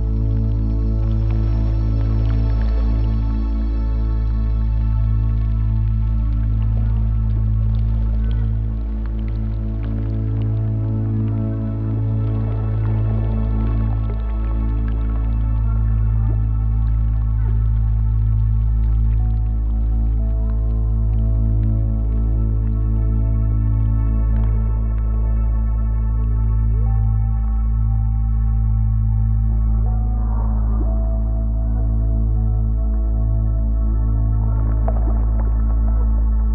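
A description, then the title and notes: A sound bath of sustained, layered tones: a deep, unbroken drone fills the low end, with steady ringing overtones stacked above it. Soft wet, dripping textures flicker through the middle throughout, while the overall level stays even for the whole half-minute. Meditation: Sound Bath.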